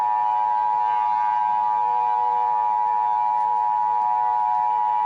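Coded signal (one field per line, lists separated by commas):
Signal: Emergency Alert System (SAME) tones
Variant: 853 and 960 Hz attention tone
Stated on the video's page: EAS scenario, simulated.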